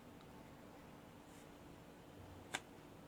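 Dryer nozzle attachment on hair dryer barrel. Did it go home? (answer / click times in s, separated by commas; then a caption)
released / 2.6 s. A detachable nozzle attachment is twisted to the right on the barrel of a plastic hair dryer body to unlock it. Against a quiet, steady background, one sharp tick sounds at 2.6 s as it turns, and the nozzle is released, unlocked from the dryer.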